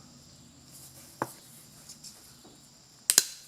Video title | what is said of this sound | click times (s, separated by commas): How to Rebuild and Repair Hydraulic Floor Jacks - I did it for $11 | Snapped right in place. | 3.1 s